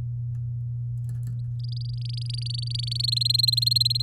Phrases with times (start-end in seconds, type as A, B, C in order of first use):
1.60-3.10 A, 3.12-4.02 B